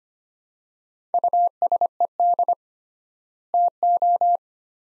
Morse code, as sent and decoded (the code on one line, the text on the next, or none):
..- ... . -.. / - ---
USED TO